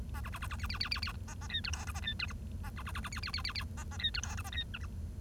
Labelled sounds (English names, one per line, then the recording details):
Bengalese Finch song
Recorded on 1 October 2012 at 09:17
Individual or60yw70